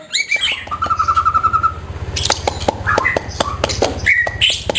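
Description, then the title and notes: White-rumped shama song, a steady rattling trill then sharp clicks and short whistled notes over a low mechanical hum. Song used as a master (masteran) for training caged songbirds. "Suara Kicau Burung Murai Batu. burung murai buat masteran"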